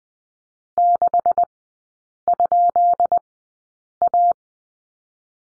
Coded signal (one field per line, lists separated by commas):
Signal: Morse code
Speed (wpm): 20 wpm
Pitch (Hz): 700 Hz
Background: none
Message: 6?A